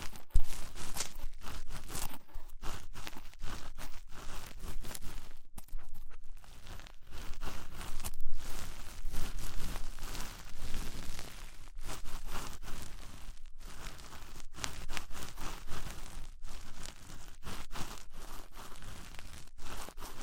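Ear cleaning with rhinestone and clay removal: a dense, continuous crinkling and crunching scrape that fills the whole twenty seconds. Brief sharp breaks and clicks cut in every second or so, while the steady rustle stays at an even level throughout.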